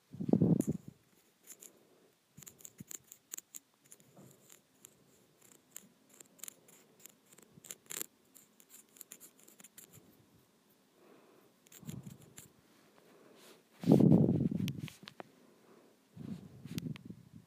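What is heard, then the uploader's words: Rippled plastic is scratched in quick, uneven bursts of crisp clicking and rasping, busiest from about 2 to 10 seconds. Heavier low thumps land at the start, near 12 seconds, loudest around 14 seconds, and again near 16.5, with quiet gaps between scratches. Scratching Rippled Plastic.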